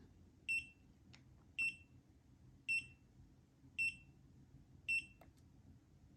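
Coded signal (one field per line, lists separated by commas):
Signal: none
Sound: a car gauge's setting beeps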